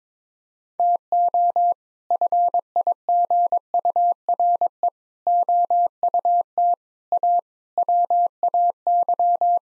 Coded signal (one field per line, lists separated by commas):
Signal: Morse code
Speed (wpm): 22 wpm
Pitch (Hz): 700 Hz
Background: none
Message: TO FIGURE OUT A WAY